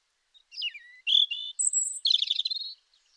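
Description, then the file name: European robin singing: a falling slurred whistle, steady mid-high notes, a very high thin tone, then a fast tinkling trill. "Erithacus rubecula"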